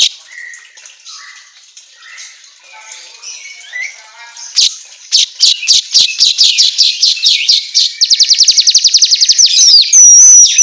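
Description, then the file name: Asian golden weaver song: soft twittering notes, then sharp clicks that speed up into a rapid ticking trill, finishing with a buzzy, wheezing note. Song recording used for training songbirds to sing. "Suara Kicau Manyar Kepala Emas Auto Gacor"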